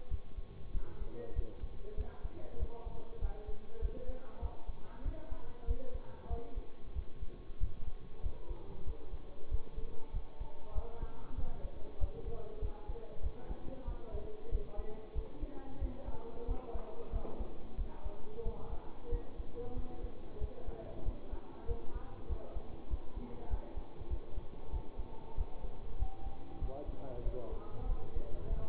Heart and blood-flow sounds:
heart sounds by stethoscope; between the tricuspid and mitral areas; 95 bpm
0.08 s: heartbeat
0.71 s: heartbeat
1.33 s: heartbeat
1.95 s: heartbeat
2.57 s: heartbeat
3.19 s: heartbeat
3.79 s: heartbeat
4.39 s: heartbeat
5.02 s: heartbeat
5.65 s: heartbeat
6.27 s: heartbeat
6.93 s: heartbeat
7.58 s: heartbeat
8.20 s: heartbeat
8.84 s: heartbeat
9.48 s: heartbeat
10.11 s: heartbeat
10.72 s: heartbeat
11.35 s: heartbeat
11.98 s: heartbeat
12.59 s: heartbeat
13.20 s: heartbeat
13.85 s: heartbeat
14.49 s: heartbeat
15.12 s: heartbeat
15.78 s: heartbeat
16.45 s: heartbeat
17.10 s: heartbeat
17.75 s: heartbeat
18.42 s: heartbeat
19.09 s: heartbeat
19.73 s: heartbeat
20.38 s: heartbeat
21.02 s: heartbeat
21.65 s: heartbeat
22.26 s: heartbeat
22.87 s: heartbeat
23.47 s: heartbeat
24.07 s: heartbeat
24.70 s: heartbeat
25.34 s: heartbeat
25.96 s: heartbeat
26.58 s: heartbeat
27.22 s: heartbeat
27.86 s: heartbeat
28.47 s: heartbeat
From the record:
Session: bicycle stress test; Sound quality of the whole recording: good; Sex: male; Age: 24 years

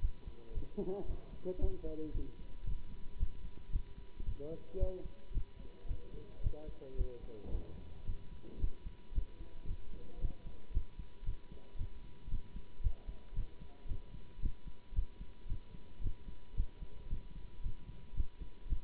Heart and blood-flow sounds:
heart sounds by stethoscope; between the tricuspid and mitral areas; 112 bpm
0.53 s: heartbeat
1.06 s: heartbeat
1.59 s: heartbeat
2.12 s: heartbeat
2.64 s: heartbeat
3.17 s: heartbeat
3.71 s: heartbeat
4.24 s: heartbeat
4.78 s: heartbeat
5.32 s: heartbeat
5.86 s: heartbeat
6.41 s: heartbeat
6.96 s: heartbeat
7.50 s: heartbeat
8.05 s: heartbeat
8.59 s: heartbeat
9.13 s: heartbeat
9.66 s: heartbeat
10.19 s: heartbeat
10.72 s: heartbeat
11.24 s: heartbeat
11.76 s: heartbeat
12.29 s: heartbeat
12.82 s: heartbeat
13.34 s: heartbeat
13.87 s: heartbeat
14.40 s: heartbeat
14.94 s: heartbeat
15.47 s: heartbeat
16.01 s: heartbeat
16.55 s: heartbeat
17.08 s: heartbeat
17.61 s: heartbeat
18.14 s: heartbeat
18.67 s: heartbeat
From the record:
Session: Bruce protocol treadmill stress test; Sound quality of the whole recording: good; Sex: male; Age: 24 years

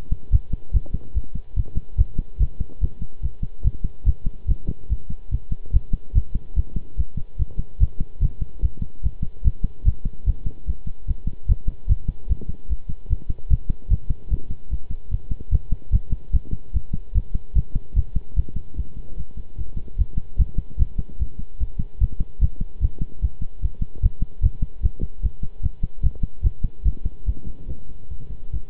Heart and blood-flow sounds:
heart sounds by stethoscope; between the tricuspid and mitral areas; 147 bpm
0.32 s: heartbeat
0.73 s: heartbeat
1.15 s: heartbeat
1.56 s: heartbeat
1.98 s: heartbeat
2.40 s: heartbeat
2.81 s: heartbeat
3.22 s: heartbeat
3.64 s: heartbeat
4.06 s: heartbeat
4.48 s: heartbeat
4.90 s: heartbeat
5.31 s: heartbeat
5.73 s: heartbeat
6.15 s: heartbeat
6.56 s: heartbeat
6.97 s: heartbeat
7.39 s: heartbeat
7.80 s: heartbeat
8.21 s: heartbeat
8.62 s: heartbeat
9.03 s: heartbeat
9.44 s: heartbeat
9.85 s: heartbeat
10.26 s: heartbeat
10.67 s: heartbeat
11.07 s: heartbeat
11.48 s: heartbeat
11.89 s: heartbeat
12.29 s: heartbeat
12.69 s: heartbeat
13.09 s: heartbeat
13.50 s: heartbeat
13.90 s: heartbeat
14.30 s: heartbeat
14.70 s: heartbeat
15.11 s: heartbeat
15.52 s: heartbeat
15.92 s: heartbeat
16.33 s: heartbeat
16.74 s: heartbeat
17.14 s: heartbeat
17.55 s: heartbeat
17.96 s: heartbeat
18.36 s: heartbeat
18.76 s: heartbeat
19.17 s: heartbeat
19.57 s: heartbeat
19.98 s: heartbeat
20.38 s: heartbeat
20.79 s: heartbeat
21.19 s: heartbeat
21.60 s: heartbeat
22.00 s: heartbeat
22.41 s: heartbeat
22.81 s: heartbeat
23.22 s: heartbeat
23.62 s: heartbeat
24.02 s: heartbeat
24.42 s: heartbeat
24.83 s: heartbeat
25.23 s: heartbeat
25.63 s: heartbeat
26.03 s: heartbeat
26.44 s: heartbeat
26.85 s: heartbeat
27.26 s: heartbeat
27.68 s: heartbeat
28.10 s: heartbeat
28.52 s: heartbeat
From the record:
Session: pedaling a stationary bicycle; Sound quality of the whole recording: good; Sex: male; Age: 23 years

